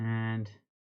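The plastic back shell of a Switch controller is handled against the controller body during an analogue stick replacement, with the two halves about to be pressed together. Someone talks briefly, and the sound fades out by about 0.6 seconds. Nothing has seated or clicked yet.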